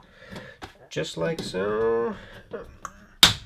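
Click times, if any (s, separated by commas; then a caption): 3.2 s. A plastic snap-on decorative wall plate is pressed onto a mounted ecobee Switch+ smart light switch while someone talks. One sharp snap is heard at 3.2 s as the plate snaps into place and seats.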